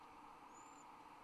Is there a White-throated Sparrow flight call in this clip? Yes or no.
no